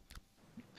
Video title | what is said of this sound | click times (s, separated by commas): Game Fuel Mountain Dew Taste Test - Beverage Buddies | if you push that enough it actually clicks in place | 0.1 s, 0.2 s